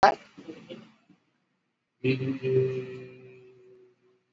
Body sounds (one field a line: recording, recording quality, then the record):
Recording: sustained vowel as in made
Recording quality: moderate, slight background noise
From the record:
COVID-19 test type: RT-PCR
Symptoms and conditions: cough, cold, fever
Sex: male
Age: 53 years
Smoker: no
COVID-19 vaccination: both doses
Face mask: worn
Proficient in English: yes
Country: India